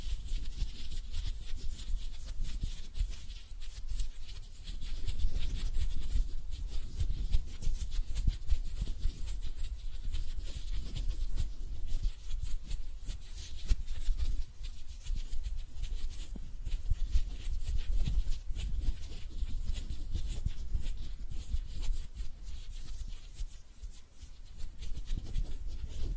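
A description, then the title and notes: Relaxing hand sounds: a dense, continuous texture of soft rubbing and scratchy brushing, full of fine crackly detail at the top end. A steady low rumble sits underneath throughout, and the level stays fairly even, dipping briefly around twenty-four seconds. ASMR Relaxing Hand Sounds (No Talking).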